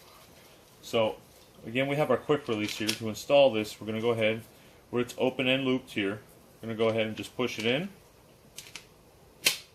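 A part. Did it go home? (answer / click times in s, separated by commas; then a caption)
yes / 9.5 s. A quick-release tether, open and looped, is pushed into a helmet's M6 terminal anchor while someone talks. After a couple of faint ticks, it snaps in with a sharp click at 9.5 s and locks in place.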